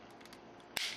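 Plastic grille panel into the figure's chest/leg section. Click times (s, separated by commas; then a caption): 0.8 s. The front half of the plastic grille on an Age of Extinction Optimus Prime (First Edition) action figure is folded up and pressed into the figure's chest/leg section during transformation. After a couple of faint light ticks at 0.3 s, a sharp plastic snap rings out at 0.8 s, followed by a brief rustle. The grille half has snapped into place.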